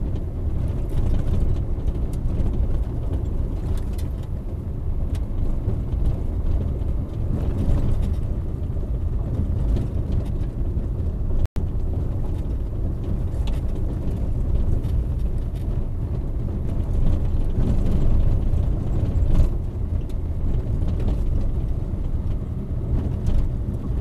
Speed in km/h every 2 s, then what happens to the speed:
23, 23, 23, 25, 26, 23, 21, 23, 24, 24, 26, 28.
0-13 steady at about 23. 13-24 speeds up to 28.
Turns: none.